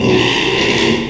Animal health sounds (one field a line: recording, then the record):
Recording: squeal of a Yucatan mini pig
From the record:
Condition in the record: after surgery on the right vocal fold (resection and tissue-engineered implant)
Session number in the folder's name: 1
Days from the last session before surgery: 6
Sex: male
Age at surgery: 12 weeks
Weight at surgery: 13 kg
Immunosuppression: cyclosporine, prednisolone